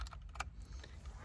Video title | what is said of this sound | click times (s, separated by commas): Installing AUTOABC CarPlay Reverse Cam. BMW 3 5 Series e60 e63 e64 e90 e91 e92 e93 2005-2010 | all right lock them in | 0.4 s